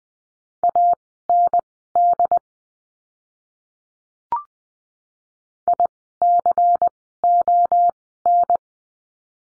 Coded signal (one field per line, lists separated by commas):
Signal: Morse code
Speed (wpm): 20 wpm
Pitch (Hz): 700 Hz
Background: none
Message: AND ICON